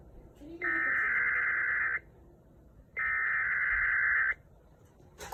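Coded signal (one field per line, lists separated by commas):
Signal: Emergency Alert System (SAME) tones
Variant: header bursts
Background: speech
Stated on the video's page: Extreme Wind Warning issued by the National Weather Service for southeastern Louisiana parishes during Hurricane Ida.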